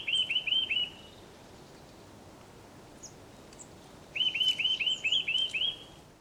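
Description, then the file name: Eurasian nuthatch calls: two quick series of clear, rising-then-falling whistled notes, the first short and the second longer, separated by a pause of soft background hiss. "Sitta europaea"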